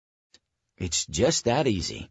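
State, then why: Seated. A two-part plastic retainer clip from an Owens Corning garage door insulation kit is pushed into its mating clip through a vinyl-faced insulation panel on a garage door. A single sharp click sounds at 0.3 s, and then someone talks. The clip is seated, holding the panel against the door.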